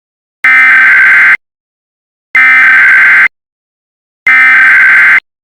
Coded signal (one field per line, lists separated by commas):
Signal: Emergency Alert System (SAME) tones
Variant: header bursts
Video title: This is a Required Monthly Test of the Emergency Alert System.